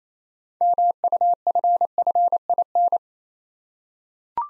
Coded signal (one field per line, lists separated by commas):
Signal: Morse code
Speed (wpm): 27 wpm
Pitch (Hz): 700 Hz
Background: none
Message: MUFFIN